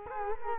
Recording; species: mosquito wingbeat signal from an infrared sensor; Culex quinquefasciatus